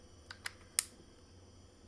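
The release button on an action camera's magnetic quick release mount is pressed, with two faint ticks at about 0.3 s and 0.5 s before a sharp, bright click at 0.8 s. The mount clicks open and releases from its base, a result judged a win.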